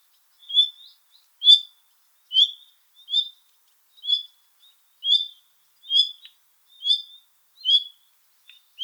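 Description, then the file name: Common nightingale calling, a short rising whistled note repeated about every second, about ten times, with a soft click after several notes. "Luscinia megarhynchos"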